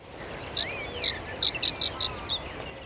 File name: Bruant des roseaux - Philippe Jourde